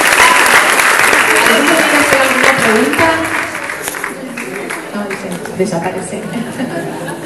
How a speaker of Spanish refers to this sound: Damos el aplauso para la doctora. Muy bien, muchas gracias.